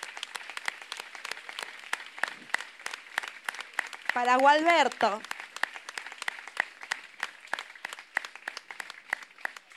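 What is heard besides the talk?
audience applause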